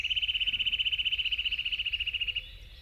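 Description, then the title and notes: Eurasian nuthatch trill: a very fast, even run of identical whistled pulses on one pitch for over two seconds, then stopping. "Pähkinänakkeli. Juha Laaksonen"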